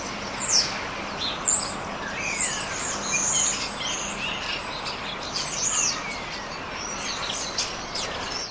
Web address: Ian Hubball Starlings